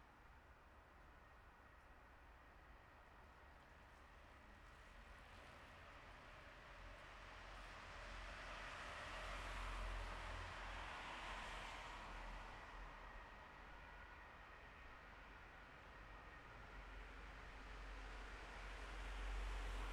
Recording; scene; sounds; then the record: everyday scene through a hearing-aid microphone; in traffic; traffic, siren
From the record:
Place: bus stop on a city main road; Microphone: behind the ear, left, rear